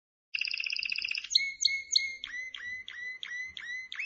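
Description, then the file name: Canary giving a quick rattling trill followed by evenly spaced downslurred whistled notes. "Canary Voice"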